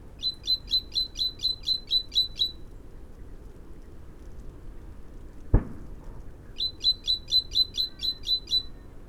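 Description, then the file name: Great tit: two bursts of quick, high, ringing notes, eight or nine in each, separated by a pause with a single dull knock in the middle. "Parus major"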